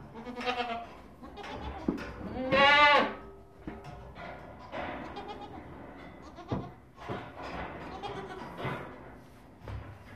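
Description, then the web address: Goat bleating: a few nasal, wavering bleats, the loudest and longest near three seconds, with softer bleats and rustling noises between them. "козел"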